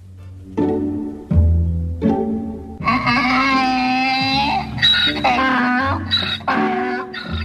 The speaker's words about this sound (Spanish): Adivina, adivinador, ¿a qué animal pertenece este sonido atronador? Así hacen los burros. Muy bien. Ese es el rebuzno de un burro.